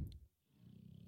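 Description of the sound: Someone is snoring.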